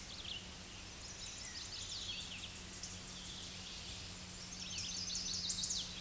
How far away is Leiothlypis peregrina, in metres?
about 55 m